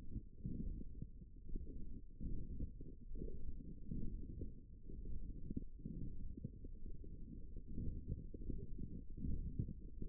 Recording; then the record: forearm muscle sounds (acoustic myography)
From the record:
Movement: forearm pronation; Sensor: system 1, eight BSWA MPA416 microphones around the upper forearm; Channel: 4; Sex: male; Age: 23 years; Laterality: right